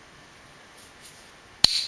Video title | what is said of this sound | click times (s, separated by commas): Mother of Pearl Pocket Knives | Nice snap. You hear that snap? That's how they should snap. | 1.6 s